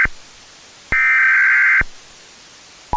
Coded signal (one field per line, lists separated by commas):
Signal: Emergency Alert System (SAME) tones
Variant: header bursts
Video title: EAS_Test.mp4